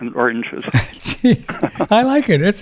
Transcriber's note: laughing